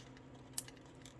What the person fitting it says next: And it clicked in.